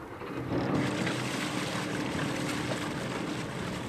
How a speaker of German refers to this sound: Langsam zieht eine Kette das Tochterboot auf der schiefen Ebene rückwärts ins Wasser. Gut, dass heute wieder kontrolliert wird, ob alles funktioniert. Denn der Motor des Tochterbootes springt nicht gleich beim ersten Mal an.